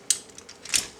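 The two plastic chest halves of a Transformers DST Dreamstar Devastator Shovelfighter DST02 transforming robot toy are folded together, and the chest clip between them is pushed closed. It snaps shut with a sharp plastic click at 0.1 s, the clip seated. Faint ticks follow, then another loud sharp click at about 0.8 s.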